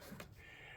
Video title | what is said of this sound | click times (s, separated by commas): Power Pole Micro Anchor mounting problems. How am I going to get over this hurdle. | And now she's locked in place. | 0.2 s